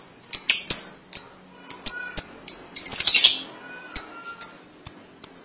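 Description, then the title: Lovebird calls: short, shrill high-pitched chirps repeated at irregular intervals, with a brief burst of harsher chatter in the middle. "BM Suara Burung Lovebird"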